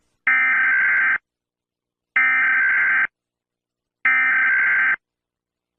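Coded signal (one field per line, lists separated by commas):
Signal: Emergency Alert System (SAME) tones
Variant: header bursts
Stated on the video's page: Fictional EAS scenario.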